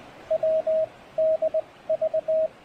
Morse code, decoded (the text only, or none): WDV